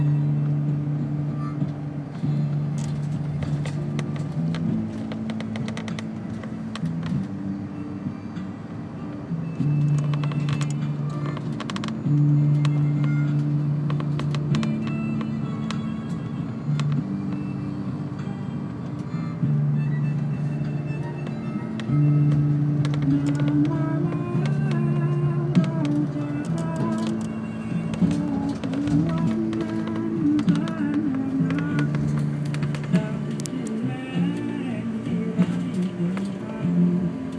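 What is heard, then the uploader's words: Inside a sleeper bus on the road, a low engine drone fills the whole stretch and its pitch shifts up and down as the driver changes gear and speed. Short rattles, clicks and faint voices come and go over the steady hum. 3:27:57 AM at On the sleeper bus to Phonsavanh.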